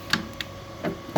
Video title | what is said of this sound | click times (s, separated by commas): Titan Helix Quick Disconnect A or B pump. | Make sure that the cam is locked in. It's locked in. | 0.1 s, 0.4 s